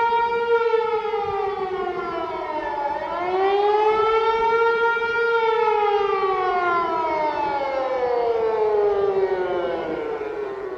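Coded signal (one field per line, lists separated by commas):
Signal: siren signal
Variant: Hörmann HLS 273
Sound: loud wailing siren tone, pitch dipping, rising again, then slowly falling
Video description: Signal: Rising and falling tone Duration: 1 min. Meaning: Acute danger from air attacks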